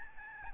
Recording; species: mosquito wingbeat signal from an infrared sensor; Aedes albopictus